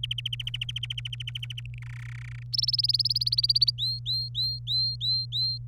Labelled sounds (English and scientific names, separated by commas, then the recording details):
Domestic Canary (Serinus canaria) song
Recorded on 26 April 2018 at 14:44
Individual llb3